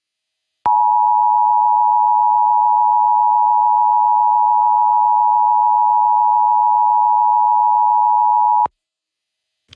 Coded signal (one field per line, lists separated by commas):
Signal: Emergency Alert System (SAME) tones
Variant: 853 and 960 Hz attention tone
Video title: EAS: Pennsylvania Required Monthly Tests (10/15/20)(EAS #489-494)